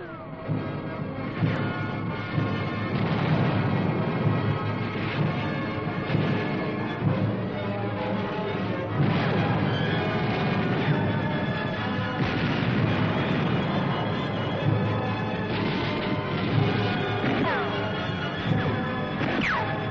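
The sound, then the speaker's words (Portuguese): Artillery cannons in Berlin boom again and again, day and night, in a loud, continuous barrage, heavy blasts and crashes overlapping into a dense rumbling roar with no pauses. “O dia todo e a noite toda os canhões estrondam.”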